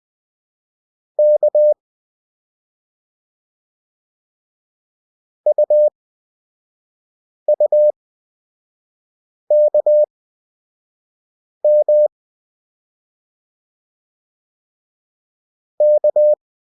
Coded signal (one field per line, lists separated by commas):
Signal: Morse code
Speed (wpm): 20 wpm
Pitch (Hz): 600 Hz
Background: none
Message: K UUKM K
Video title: Lesson 2. CW Practice 5WPM at 20WPM Character Speed. Morse Code for Beginners